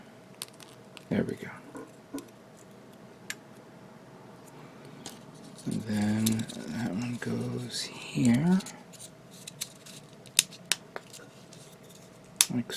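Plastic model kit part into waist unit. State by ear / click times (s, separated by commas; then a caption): seated / 10.4 s, 12.4 s. A plastic model kit part is pushed into the waist unit and snaps into place with loud, sharp clicks at 10.4 s and 12.4 s. Someone talks in the middle of the clip, and fainter small clicks and handling sounds are heard throughout.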